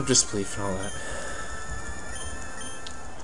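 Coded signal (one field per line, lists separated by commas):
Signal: none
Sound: game's menu beeps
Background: speech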